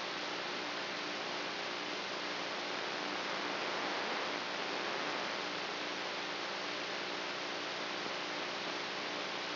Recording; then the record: brain microelectrode recording played as sound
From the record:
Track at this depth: inside the subthalamic nucleus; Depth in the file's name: 2.405 mm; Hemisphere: right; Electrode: 3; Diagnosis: Parkinson's disease